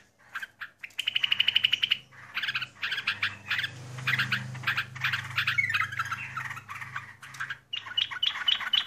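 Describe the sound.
Yellow-vented Bulbul calls: a fast, even trill of ringing notes, then excited bubbly chattering, with a low hum in the background.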